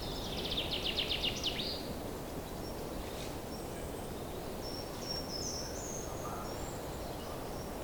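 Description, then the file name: Common chaffinch singing a quick, high trill of repeated notes that runs down into a brief flourish, heard once over a steady roar of background noise with faint chirps. "Fringilla coelebs"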